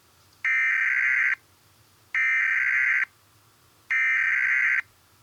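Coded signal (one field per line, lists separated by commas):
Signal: Emergency Alert System (SAME) tones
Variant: header bursts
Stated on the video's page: Fictional EAS mock on a fictional television station.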